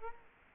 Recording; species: mosquito wingbeat signal from an infrared sensor; Culex quinquefasciatus